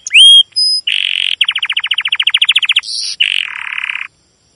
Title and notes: CUIT CUIT NGEROL LANGSUNG GACOR PANJANG Kenari Ini AMPUH Utk Pancingan KENAR ( 2). PANCINGAN Kenari GACOR PANJANG Cuit CUIT EMOSI ini AMPUH utk MASTERAN Kenari PAUD belajar BUNYI. burung kenari